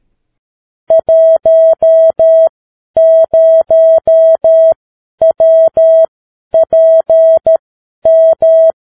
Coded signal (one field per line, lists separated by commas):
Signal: Morse code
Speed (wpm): 13 wpm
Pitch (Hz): 650 Hz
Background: none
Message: 10WPM